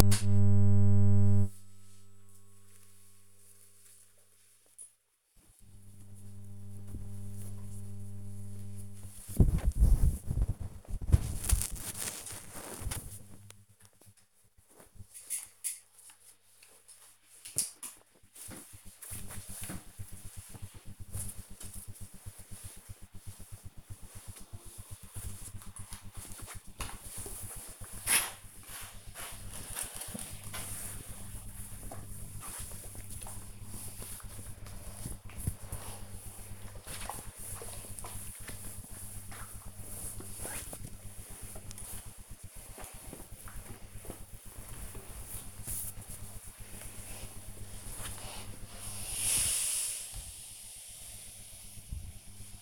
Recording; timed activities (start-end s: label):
household activities, microphone on the right wrist
6.51-52.62 s: ironing laundry